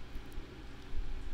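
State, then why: Not seated. During reassembly of an LG G3 phone, a flex ribbon cable connector is being handled and pressed toward its socket on the motherboard. Only a steady broadband hiss with low rumble is heard, growing slightly louder from about 0.9 s, with no distinct transient. Nothing has seated or clicked yet.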